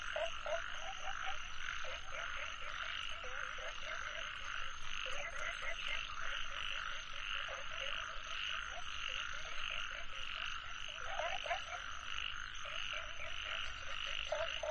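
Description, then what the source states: A frog chorus of rapid, overlapping croaks runs throughout over a continuous high hum. Nature soundscape.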